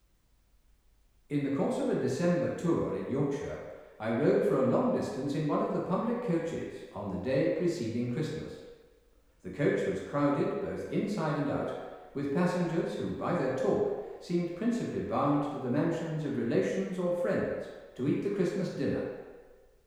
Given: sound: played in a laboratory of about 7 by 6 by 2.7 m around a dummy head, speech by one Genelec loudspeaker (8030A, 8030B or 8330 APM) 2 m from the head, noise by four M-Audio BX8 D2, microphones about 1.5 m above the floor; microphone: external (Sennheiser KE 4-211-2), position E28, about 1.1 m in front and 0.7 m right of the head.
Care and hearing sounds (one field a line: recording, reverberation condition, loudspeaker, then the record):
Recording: male speech in English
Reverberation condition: high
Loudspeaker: 30 degrees to the left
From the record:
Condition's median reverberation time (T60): about 1300 ms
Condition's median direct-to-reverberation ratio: about -4.0 dB